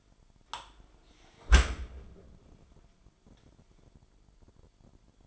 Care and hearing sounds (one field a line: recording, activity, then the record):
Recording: daily activity, microphone in the room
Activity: close dishwasher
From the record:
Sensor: 5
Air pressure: 998.4 hPa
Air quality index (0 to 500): 79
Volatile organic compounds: 1 ppm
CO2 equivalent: 901 ppm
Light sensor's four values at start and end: 22/52/22/24 and 22/52/22/24